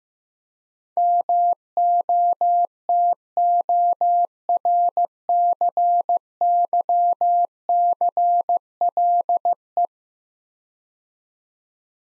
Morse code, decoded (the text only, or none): MOTORCYCLE